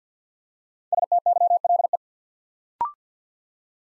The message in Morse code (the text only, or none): STYLE